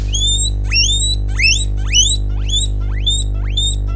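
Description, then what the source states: Guinea pig squeaking, a rapid run of high, sharply rising whistled squeaks repeated about twice a second over a steady low hum. A hungry guinea pig squeaking.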